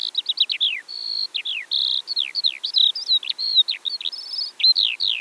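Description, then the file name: Eurasian skylark song with sharp downslurred chirps mixed with longer steady whistled notes and brief buzzy trills, delivered quickly and continuously. From Eastern Europe. "Stimmen der Natur aus Osteuropa - Feldlerche"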